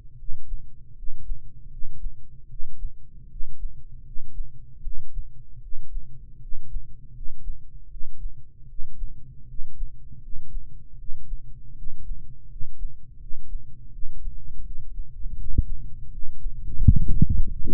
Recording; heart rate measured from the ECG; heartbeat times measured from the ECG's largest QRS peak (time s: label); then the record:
heart sounds by microphone in the right ear; 80 bpm
0.12 s: heartbeat
0.90 s: heartbeat
1.64 s: heartbeat
2.43 s: heartbeat
3.23 s: heartbeat
3.98 s: heartbeat
4.77 s: heartbeat
5.55 s: heartbeat
6.34 s: heartbeat
7.08 s: heartbeat
7.84 s: heartbeat
8.62 s: heartbeat
9.41 s: heartbeat
10.15 s: heartbeat
10.92 s: heartbeat
11.70 s: heartbeat
12.43 s: heartbeat
13.14 s: heartbeat
13.86 s: heartbeat
14.58 s: heartbeat
15.31 s: heartbeat
16.05 s: heartbeat
16.75 s: heartbeat
17.42 s: heartbeat
From the record:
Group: healthy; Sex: male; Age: 20 years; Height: 187 cm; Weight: 68.9 kg